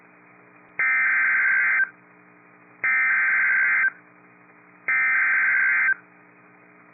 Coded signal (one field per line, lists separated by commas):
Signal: Emergency Alert System (SAME) tones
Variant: header bursts